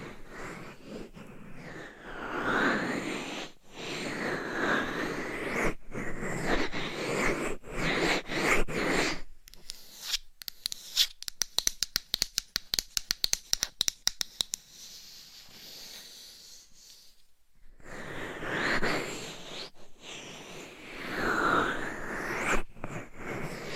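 Close, soft scratching and rubbing comes in slow swelling strokes, like massage against a surface, for the first ten seconds. From about 10 to 15 seconds it turns into rapid, crisp tapping with sharp clicks, and the slow rubbing strokes return near the end.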